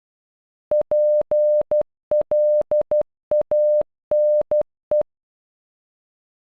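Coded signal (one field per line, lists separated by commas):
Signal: Morse code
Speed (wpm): 12 wpm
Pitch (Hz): 600 Hz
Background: none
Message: PLANE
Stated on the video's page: Computer-generated Morse audio of a single word, made with an online translator tool, for learning the dot and dash patterns and timing.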